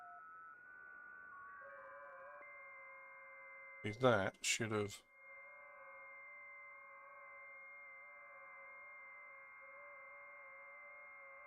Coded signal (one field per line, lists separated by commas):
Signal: FT8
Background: speech